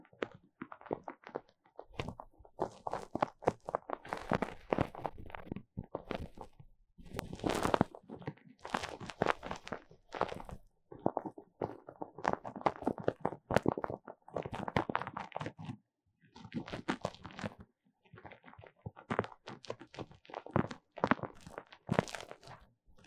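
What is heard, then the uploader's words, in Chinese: Foam rubbed and squeezed against the ears, a dense run of crackly scratching bursts with short quiet gaps between them. 3Dio Foam and Tingly Ear Massage for Stress Relief。耳朵泡沫按摩抒壓。NoTalking。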